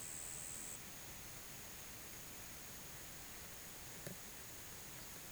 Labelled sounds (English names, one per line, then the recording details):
none
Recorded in pastures near Puerto Asís, Putumayo, Colombia, on 30 June 2025 at 14:30
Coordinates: 0.486, -76.323
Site H29